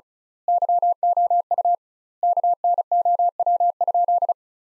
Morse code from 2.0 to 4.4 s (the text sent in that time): KNOW?